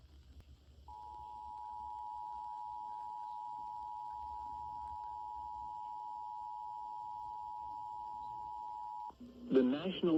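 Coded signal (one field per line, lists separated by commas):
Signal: Emergency Alert System (SAME) tones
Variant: 853 and 960 Hz attention tone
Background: speech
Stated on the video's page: Severe Thunderstorm Warning relayed on FM broadcast station WSTO 96.1.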